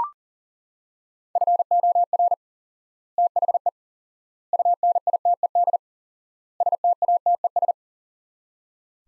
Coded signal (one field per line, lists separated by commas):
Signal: Morse code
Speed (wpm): 40 wpm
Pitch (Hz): 700 Hz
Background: none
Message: FOR THE UNITED STATES